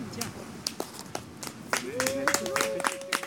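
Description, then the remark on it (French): Audience applause: a patter of many sharp, irregular claps that thickens in the second half, joined by a steady sustained tone and a murmur of crowd voices. “On applaudit bien fort”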